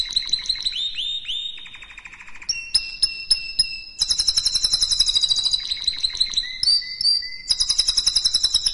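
Canary song mixing down-slurred whistles, clicking notes over a steady tone and quick bright high trills.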